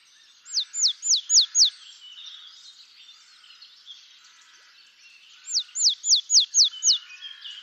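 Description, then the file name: Willow tit: two phrases of several quick downslurred whistles, several seconds apart, with soft bird twittering between them. "Mesange boreale"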